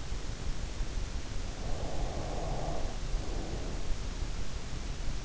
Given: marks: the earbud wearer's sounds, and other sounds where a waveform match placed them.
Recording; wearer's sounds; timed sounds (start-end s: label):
sounds in sleep by an in-ear microphone; breath
1.48-4.32 s: breath